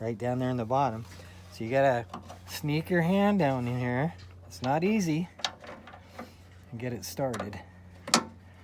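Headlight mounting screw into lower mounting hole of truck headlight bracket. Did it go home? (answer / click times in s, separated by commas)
yes / 8.1 s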